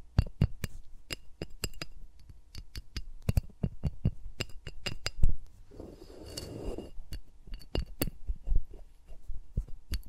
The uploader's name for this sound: ASMR with Mics Around My Fingers (No Talking)